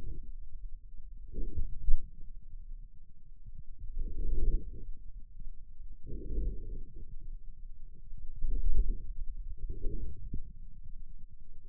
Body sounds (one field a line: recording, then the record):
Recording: forearm muscle sounds (acoustic myography)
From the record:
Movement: inward rotation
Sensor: system 2, bracelet of six BSWA MPA416 microphones around the upper forearm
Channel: 6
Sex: male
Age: 22 years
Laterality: right